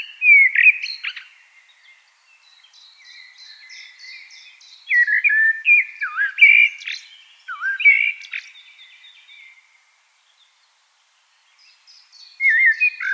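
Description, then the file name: Common blackbird singing loud, mellow, sliding whistles in bursts, mixed with thin high squeaky notes, with pauses of several seconds between phrases. "Turdus merula"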